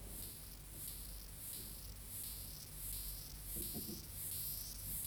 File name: Stenobothrus lineatus